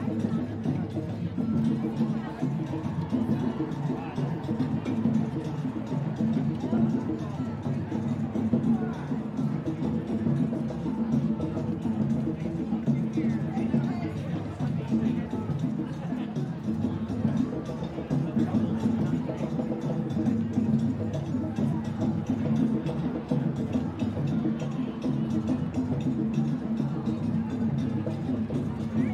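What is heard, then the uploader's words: Drummers play at a street march, low thumps repeating steadily under a dense, constant babble of marchers' voices throughout. Drummers gather to celebrate at Womxn's March Seattle while marchers continue to move through. I made my way through the crowd and recorded from numerous vantage points.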